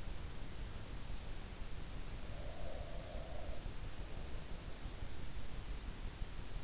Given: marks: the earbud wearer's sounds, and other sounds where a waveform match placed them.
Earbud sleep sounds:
sounds in sleep by an in-ear microphone; breath
2.15-3.98 s: breath

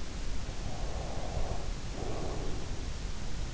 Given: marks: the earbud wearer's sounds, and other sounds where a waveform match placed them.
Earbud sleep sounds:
sounds in sleep by an in-ear microphone; breath
0.64-3.31 s: breath

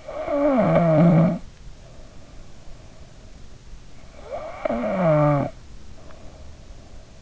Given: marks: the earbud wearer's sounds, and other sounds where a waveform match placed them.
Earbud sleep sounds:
sounds in sleep by an in-ear microphone; snoring breath
0.00-3.51 s: snoring breath
4.18-7.17 s: snoring breath

